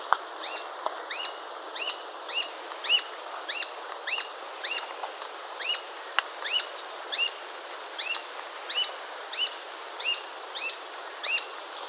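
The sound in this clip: Bird giving a long run of bright, downward-hooked chirps, about one and a half a second, with faint hiss and an occasional click behind.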